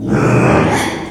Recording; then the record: squeal of a Yucatan mini pig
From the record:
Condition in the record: after surgery on the right vocal fold (resection and tissue-engineered implant); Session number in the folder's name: 3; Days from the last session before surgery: 33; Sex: male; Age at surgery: 12 weeks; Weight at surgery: 13 kg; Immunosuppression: cyclosporine, prednisolone